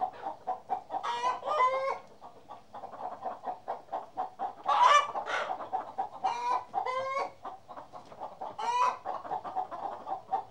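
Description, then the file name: Chickens clucking in a steady stream of short low notes, broken by several louder, harsher drawn-out calls at irregular intervals. "kury"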